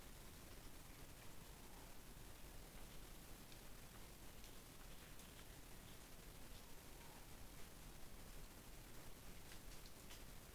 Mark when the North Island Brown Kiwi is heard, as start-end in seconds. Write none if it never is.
none